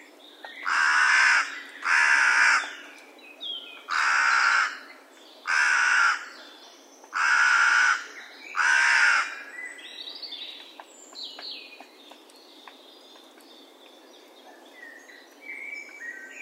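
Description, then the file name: Carrion crow producing six coarse caws in an irregular series, then falling quiet while other small birds chirp and twitter in the background. "Corvus corone"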